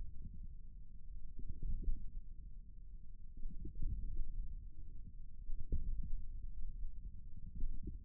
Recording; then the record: forearm muscle sounds (acoustic myography)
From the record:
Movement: index flexion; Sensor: system 1, eight BSWA MPA416 microphones around the upper forearm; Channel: 8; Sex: male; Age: 41 years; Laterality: right